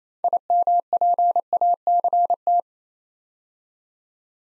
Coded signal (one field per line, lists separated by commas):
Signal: Morse code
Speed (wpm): 27 wpm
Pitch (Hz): 700 Hz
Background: none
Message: IMPACT